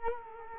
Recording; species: mosquito wingbeat signal from an infrared sensor; Culex quinquefasciatus